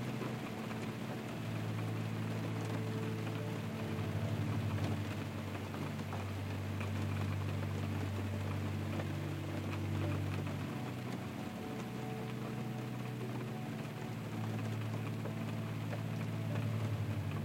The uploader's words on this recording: Rainy Night In A Tent | Calming Soft Piano with Rain Sounds. Rain falling on a tent while camping along with a soft piano melody that repeats.